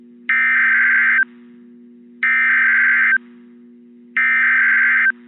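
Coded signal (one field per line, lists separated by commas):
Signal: Emergency Alert System (SAME) tones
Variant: header bursts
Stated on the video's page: NOAA Weather Radio EAS double header of a tornado warning and tornado watch update, from a Kansas City station.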